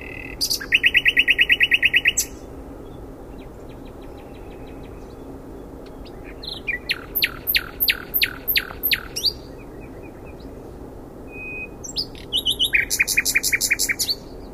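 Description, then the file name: Common nightingale delivering loud rapid trills and rhythmic repeated chirp series in separate bursts, separated by quiet gaps with soft clicks. "Luscinia megarhynchos"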